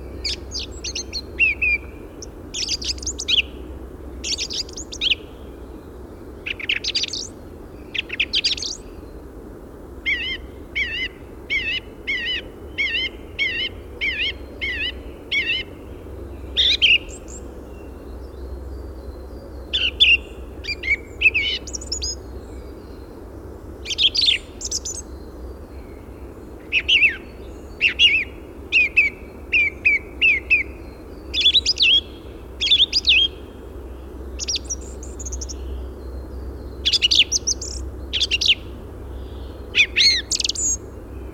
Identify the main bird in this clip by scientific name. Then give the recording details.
Turdus philomelos. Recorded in the wild. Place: Schaabe, Mecklenburg-Vorpommern, DE. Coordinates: 54.574, 13.433. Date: 1975-03-23. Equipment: Nagra III BH, Sennheiser MD 21, parabola. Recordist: Schubert, Michael. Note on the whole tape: Gesang Singdrossel